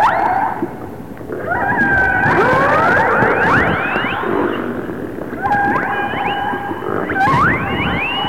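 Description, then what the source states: Orca calls, dense run of upswept squeals and flat harmonic tones, with clicks and steady underwater hiss. Resident orcas of the A clan.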